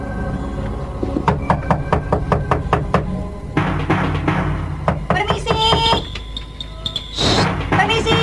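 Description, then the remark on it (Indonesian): A servant of an inn raps a quick series of sharp knocks on a door, about seven or eight in a steady rhythm, followed by a clatter of further knocks and muffled background sounds. “Ada yang datang”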